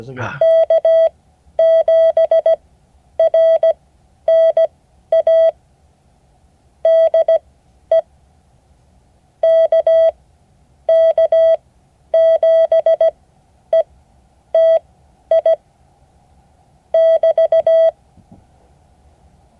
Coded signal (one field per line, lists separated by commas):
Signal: Morse code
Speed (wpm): 17 wpm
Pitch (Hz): 650 Hz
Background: speech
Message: K7RNA DE KK7ETI <BT>